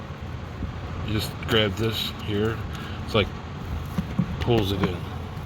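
A wiring harness connector is grabbed and pulled onto a flex fuel sensor, with someone talking over a steady low background hum. Nothing has seated or clicked yet.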